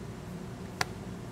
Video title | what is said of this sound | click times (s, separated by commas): Demco SBS Air Force One Supplemental Braking System Installation - 2023 Chevrolet Silverado 1500 | just push it in until it clicks now that our switch is hooked up we can install the supplied fuse | 0.8 s